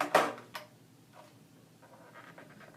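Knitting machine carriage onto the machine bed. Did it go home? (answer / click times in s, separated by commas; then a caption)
no / none. A knitting machine carriage is taken off and put back onto the machine bed, giving sharp knocks near 0.0, 0.2 and 0.6 s, then only faint rattling. The carriage has not clicked into place yet because the bottom carriage is not set right.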